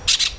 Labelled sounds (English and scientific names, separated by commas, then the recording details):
Brown-throated Parakeet (Eupsittula pertinax) contact call
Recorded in Venezuela
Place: PN Cerro Saroche, Tierras del Sr. Polo, Edo. Lara
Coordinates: 10.171, -69.518